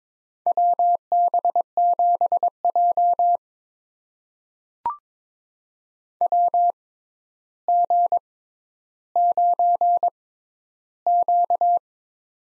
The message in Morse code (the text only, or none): WB7J WG9Q